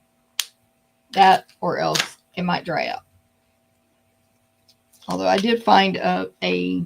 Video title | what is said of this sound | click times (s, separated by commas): Happy Hibiscus Cardmaking Class 🌸 - 4 Easy Cards with Unbounded Beauty DSP – Free Kit! | Make sure you hear that little snap when you put the lids back on. You got to hear | 0.4 s